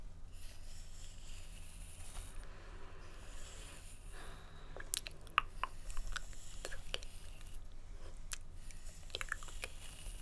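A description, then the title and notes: Hair brushing and scalp massage make soft, scratchy rustles that swell and fade over a steady low hum. After about five seconds, sharper clicks and crisp snaps appear irregularly, with one louder tap near 5.3 seconds. Head Massage & Hair Brushing.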